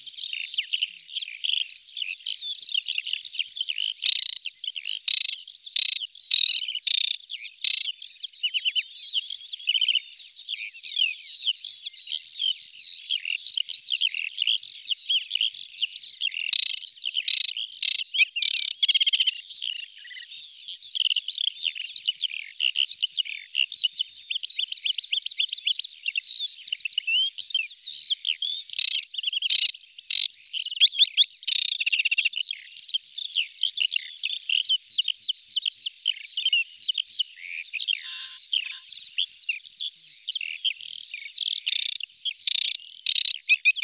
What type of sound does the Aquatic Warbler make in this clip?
song